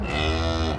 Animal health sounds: contact call of a hoofed animal; cattle; low-frequency (closed-mouth) or high-frequency (open-mouth) call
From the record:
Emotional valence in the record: positive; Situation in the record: physical reunion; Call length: 0.79 s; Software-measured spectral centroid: 2150 Hz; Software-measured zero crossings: 2060 a second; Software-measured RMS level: -24 dBFS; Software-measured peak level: -11 dBFS

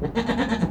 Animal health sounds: contact call of a hoofed animal; goat; low-frequency (closed-mouth) or high-frequency (open-mouth) call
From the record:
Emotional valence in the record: positive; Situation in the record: food anticipation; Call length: 0.71 s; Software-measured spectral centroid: 1580 Hz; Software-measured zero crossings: 1210 a second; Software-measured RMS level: -24 dBFS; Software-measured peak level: -10 dBFS

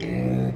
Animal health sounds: contact call of a hoofed animal; pig; closed-mouth grunt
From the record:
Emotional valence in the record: negative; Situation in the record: short social isolation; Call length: 0.56 s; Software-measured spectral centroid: 1420 Hz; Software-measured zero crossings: 800 a second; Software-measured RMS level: -24 dBFS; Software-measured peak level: -12 dBFS

